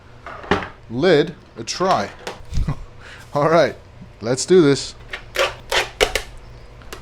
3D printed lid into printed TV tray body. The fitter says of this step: yep that's in there and that ain't going nowhere and it's definitely locked into place